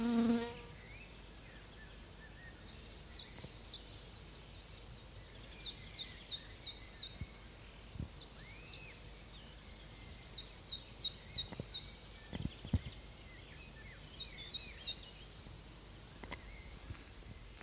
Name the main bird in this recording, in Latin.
Periparus ater